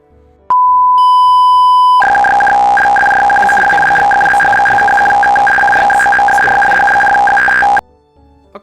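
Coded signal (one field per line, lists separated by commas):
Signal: computer data on cassette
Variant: custom two-tone FSK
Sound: steady beep, second higher tone joins, then six seconds of fast warbling two-tone chatter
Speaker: If we just take this Tetris.pdf and let's say test end code then we just wait a little.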